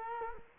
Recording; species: mosquito wingbeat signal from an infrared sensor; Culex quinquefasciatus